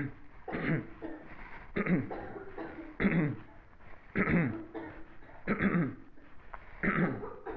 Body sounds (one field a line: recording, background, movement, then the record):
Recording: throat clearing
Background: a bystander coughing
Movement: sitting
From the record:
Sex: male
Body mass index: 22.0 kg/m2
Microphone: on the chest, facing the body